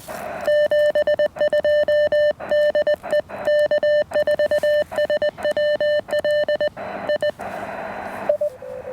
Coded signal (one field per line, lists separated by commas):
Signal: Morse code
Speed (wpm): 20 wpm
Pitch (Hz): 600 Hz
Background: none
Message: 72 DE K4SWL I I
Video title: 28° of Activation: Radio-Active Therapy with the Elecraft KX1!